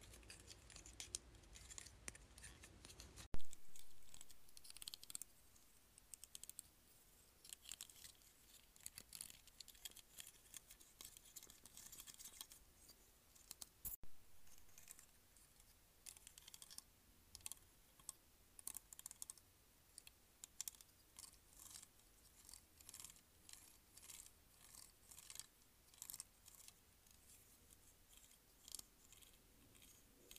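A plastic claw clip clicks and rattles in quick, irregular bursts after a loud opening rustle, with sharp snaps near three and fourteen seconds.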